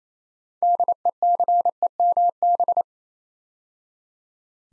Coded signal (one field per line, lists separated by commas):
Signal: Morse code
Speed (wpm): 27 wpm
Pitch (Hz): 700 Hz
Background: none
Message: DECEMB